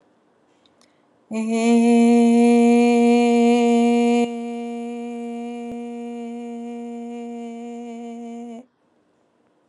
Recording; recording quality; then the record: sustained vowel as in made; excellent, no background noise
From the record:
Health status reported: recovered from COVID-19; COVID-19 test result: positive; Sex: female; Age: 38 years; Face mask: not worn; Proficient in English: yes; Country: India